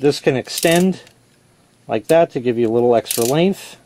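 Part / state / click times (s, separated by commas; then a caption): telescopic extension pole in spin scrubber handle / not seated / none. The telescopic extension pole in the handle of a Swtroom electric spin scrubber is pulled out for extra length while someone talks, with a brief quieter stretch in the middle. Nothing has locked or clicked yet when the clip ends.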